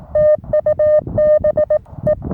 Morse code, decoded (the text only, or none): TU BE